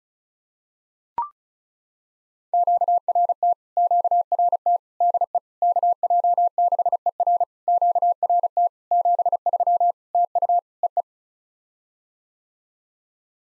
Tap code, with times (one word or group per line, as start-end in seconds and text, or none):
none